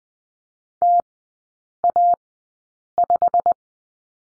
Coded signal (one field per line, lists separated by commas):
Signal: Morse code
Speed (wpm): 20 wpm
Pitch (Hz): 700 Hz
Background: none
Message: TA5